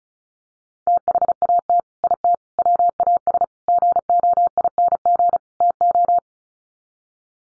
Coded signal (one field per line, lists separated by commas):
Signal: Morse code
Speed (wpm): 34 wpm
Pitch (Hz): 700 Hz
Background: none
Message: THAT IT WAS GOING TO